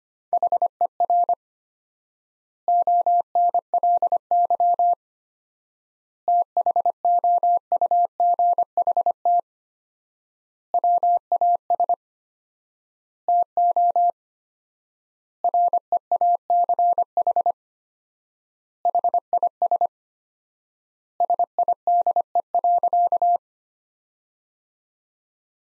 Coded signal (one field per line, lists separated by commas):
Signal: Morse code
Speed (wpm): 25 wpm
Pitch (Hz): 700 Hz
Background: none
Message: HER ONLY THOUGHT WAS TO REACH HIS SIDE.